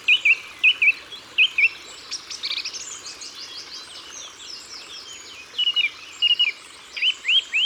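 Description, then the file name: Song thrush song: a whistled two-note motif repeated three times, a quieter scratchy passage, then new repeated phrases. Ardèche, France. "Grive-Musicienne-Concerts-Naturels-De-l Ardeche"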